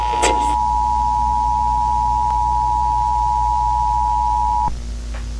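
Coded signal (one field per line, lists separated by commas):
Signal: Emergency Alert System (SAME) tones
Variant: 853 and 960 Hz attention tone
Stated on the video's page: Fictional EAS alert, not a real activation.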